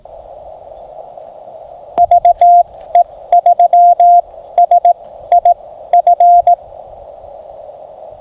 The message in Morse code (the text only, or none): VE3SIF